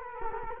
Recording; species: mosquito wingbeat signal from an infrared sensor; Culex quinquefasciatus